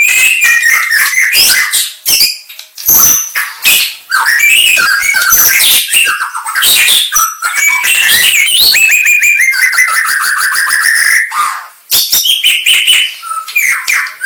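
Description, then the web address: White-rumped shama singing continuously, mixing clear whistles, fast trills, harsh rasping notes and chattered phrases at high volume throughout. Aceh variety of white-rumped shama. "murai-batu suara-murai-aceh"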